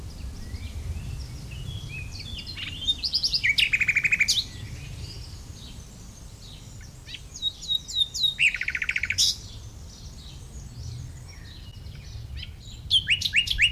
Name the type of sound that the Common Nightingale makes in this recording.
song